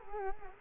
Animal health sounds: mosquito wingbeat signal from an infrared sensor; Culex quinquefasciatus

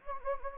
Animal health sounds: mosquito wingbeat signal from an infrared sensor; Anopheles gambiae

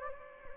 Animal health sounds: mosquito wingbeat signal from an infrared sensor; Anopheles gambiae

